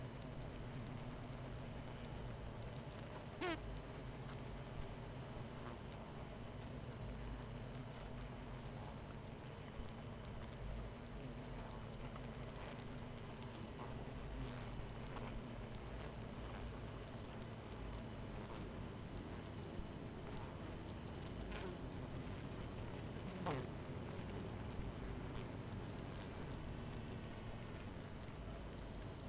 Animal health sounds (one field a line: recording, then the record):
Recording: honeybee colony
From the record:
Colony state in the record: missing queen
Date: 14 July 2017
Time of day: 23:20